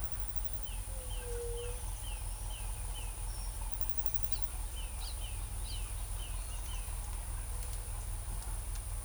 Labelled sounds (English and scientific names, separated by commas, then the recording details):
Pale-tipped Inezia (Inezia caudata), White-tipped Dove (Leptotila verreauxi), Smooth-billed Ani (Crotophaga ani)
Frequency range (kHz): Pale-tipped Inezia (Inezia caudata) 2.2-3.7 kHz; White-tipped Dove (Leptotila verreauxi) 0.2-0.8 kHz; Smooth-billed Ani (Crotophaga ani) 3.7-5.4 kHz
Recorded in forest near Pivijay, Magdalena, Colombia, on 3 June 2023 at 09:30
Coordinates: 10.467, -74.380
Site Z5-G034